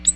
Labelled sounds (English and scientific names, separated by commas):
Ovenbird (Seiurus aurocapilla) flight call